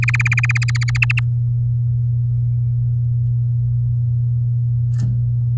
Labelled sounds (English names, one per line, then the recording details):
Domestic Canary song
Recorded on 7 May 2018 at 13:41
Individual llb16